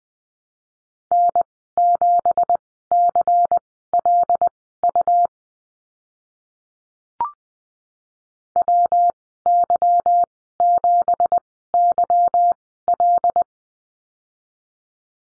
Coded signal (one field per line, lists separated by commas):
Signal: Morse code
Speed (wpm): 20 wpm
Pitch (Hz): 700 Hz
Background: none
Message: N7CLU WY7YL